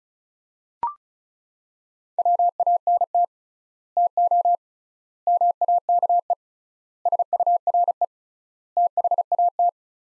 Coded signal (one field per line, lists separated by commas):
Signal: Morse code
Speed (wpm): 36 wpm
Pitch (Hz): 700 Hz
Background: none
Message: WANT TO MAKE SURE THAT